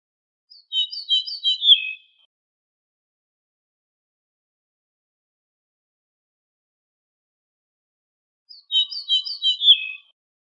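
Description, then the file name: Ortolan bunting song, two phrases about eight seconds apart, each a jumble of ringing notes sliding down to a lower close, with silence between. "suara kicauan ortolan"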